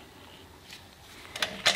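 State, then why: Seated. A standard grease gun coupler is pushed onto a metal grease zerk fitting, with low background noise before a few sharp metallic transients near the end. The coupler snaps on at 1.4 s and 1.7 s, and it is seated on the fitting.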